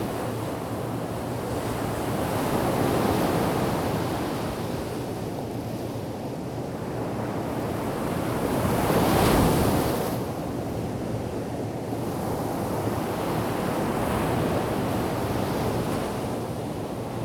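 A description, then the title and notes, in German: Sea surf rushes steadily on a sandy shore, swelling in slow waves around three, nine and fourteen seconds, with wind buffeting the microphone. Meeresrauschen an der Kurischen Nehrung.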